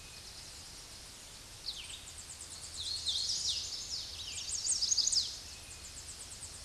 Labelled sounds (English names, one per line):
Hooded Warbler song